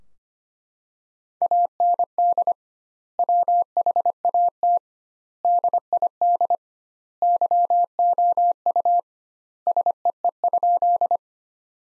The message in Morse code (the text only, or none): AND WHAT DID YOU SEE?